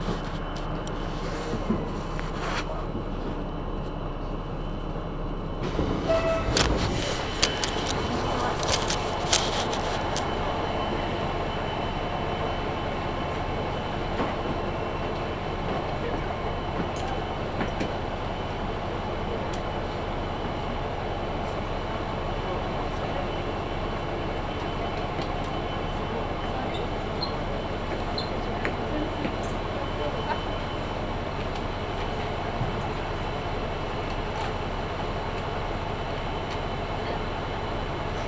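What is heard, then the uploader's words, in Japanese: Steady rumble inside a train running on a rural line, with a low continuous drone and busy mid-range rattle throughout. Around five to ten seconds there is a burst of louder clanks and hiss, then the ride settles back into an even hum. 日田から久大本線の久留米行きに乗り換えます。キハ200+220の2両編成。既に学校帰りの学生でだいぶ席が埋まっていますがロングシート主体なので大丈夫でした。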